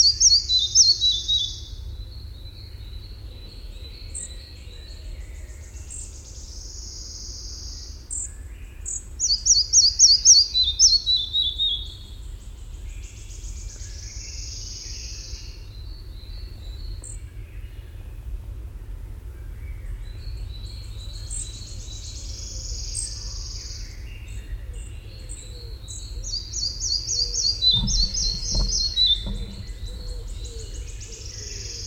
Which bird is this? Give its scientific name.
Ficedula parva